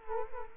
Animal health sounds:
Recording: mosquito wingbeat signal from an infrared sensor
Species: Culex quinquefasciatus

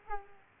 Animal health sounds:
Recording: mosquito wingbeat signal from an infrared sensor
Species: Culex quinquefasciatus

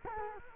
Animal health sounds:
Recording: mosquito wingbeat signal from an infrared sensor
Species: Culex quinquefasciatus

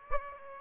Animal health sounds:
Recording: mosquito wingbeat signal from an infrared sensor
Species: Aedes aegypti

